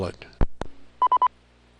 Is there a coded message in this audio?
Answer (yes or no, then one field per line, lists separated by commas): no